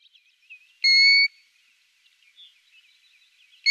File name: European Golden-Plover